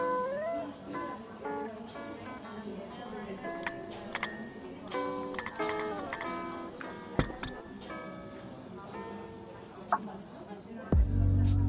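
Coffee shop ambience with a steady murmur of overlapping voices filling the room. Sharp clinks of cups and dishes pop out every second or so, with louder knocks near seven and eleven seconds and a low rumble of machinery briefly at the end.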